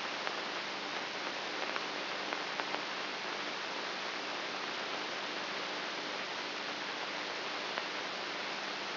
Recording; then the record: brain microelectrode recording played as sound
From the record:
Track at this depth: inside the subthalamic nucleus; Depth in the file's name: 2.04 mm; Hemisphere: right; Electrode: 3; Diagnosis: Parkinson's disease